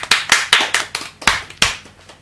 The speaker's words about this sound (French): Donc, on l'applaudit.